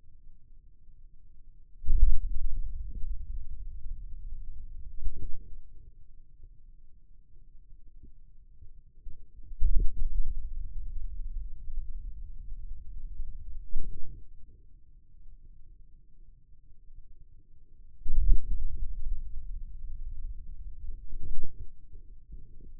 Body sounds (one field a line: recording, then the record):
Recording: forearm muscle sounds (acoustic myography)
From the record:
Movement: radial deviation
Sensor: system 2, bracelet of six BSWA MPA416 microphones around the upper forearm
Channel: 2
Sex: male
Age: 22 years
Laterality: right